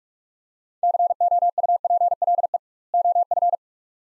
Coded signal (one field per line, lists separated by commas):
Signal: Morse code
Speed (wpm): 41 wpm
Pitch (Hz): 700 Hz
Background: none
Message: COUPLE OF